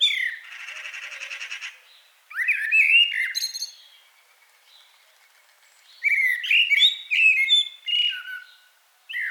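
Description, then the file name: Common blackbird singing mellow, fluted phrases that break into thin, high twittering, after an opening burst of buzzy sound. "Turdus merula"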